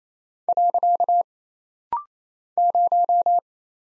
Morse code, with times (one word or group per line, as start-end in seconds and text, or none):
0.5-1.2 .
2.6-3.4 0